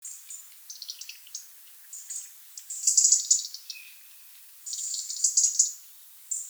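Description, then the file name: European robin singing high, thin, tumbling phrases mixing quick chips and sustained shimmering notes, louder bursts around three and five seconds, short gaps between phrases. "Erithacus rubecula"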